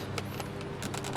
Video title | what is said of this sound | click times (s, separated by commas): Last Mow Of The Year For 2024 | it's not falling off it just doesn't click in good | 0.2 s